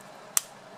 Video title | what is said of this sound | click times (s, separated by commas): WHICH TRAP SHOULD I USE FOR COYOTES? | hear that audible click and so that's just lock locked and down on there so | 0.4 s